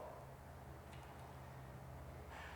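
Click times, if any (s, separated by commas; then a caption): none. A flat wiper blade's peg is put through the hole in the wiper arm of a Ford Mondeo Mk5 while the arm is held still. Only faint ticks are heard over a low steady hum. Nothing has clipped into place yet, because the blade has not been tilted to snap the two lugs home.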